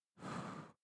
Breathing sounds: one breath near a microphone; exhalation

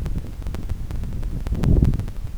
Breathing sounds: one breath near a microphone; exhalation

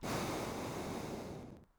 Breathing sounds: one breath near a microphone; exhalation

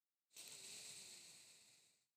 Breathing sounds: one breath near a microphone; exhalation

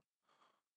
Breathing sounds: one breath near a microphone; inhalation

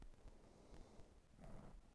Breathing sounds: one breath near a microphone; exhalation

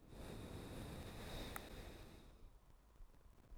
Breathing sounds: one breath near a microphone; exhalation

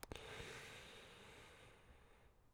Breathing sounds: one breath near a microphone; inhalation

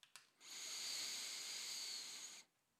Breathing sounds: one breath near a microphone; inhalation

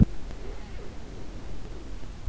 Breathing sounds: one breath near a microphone; inhalation

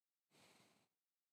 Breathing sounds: one breath near a microphone; exhalation

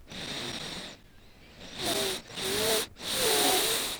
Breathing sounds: one breath near a microphone; inhalation

